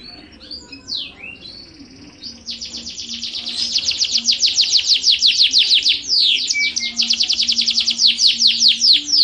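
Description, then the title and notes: Atlantic Canary song, quiet scattered notes at first, then a loud, fast rolling trill of repeated sweeping notes running to the end. Domestic canary master song used for training other canaries. "Suara Burung Kenari Masteran. master suara burung kenari mantap"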